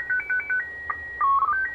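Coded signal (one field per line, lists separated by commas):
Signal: SSTV (slow-scan television)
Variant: PD 120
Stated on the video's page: SSTV from the International Space Station on 145.800 MHz, received on an Icom IC-R8500 receiver.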